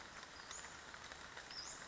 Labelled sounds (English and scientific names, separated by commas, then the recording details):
Western Flycatcher (Empidonax difficilis)
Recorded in Sonoma County, California